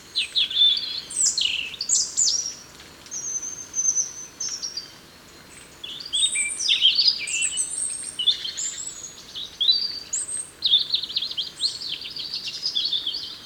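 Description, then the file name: European robin singing a long, varied run of high tinkling and whistled phrases, changing pitch often with only brief gaps. "Erithacus rubecula"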